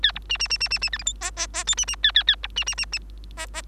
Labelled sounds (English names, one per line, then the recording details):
Bengalese Finch song
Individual Bird3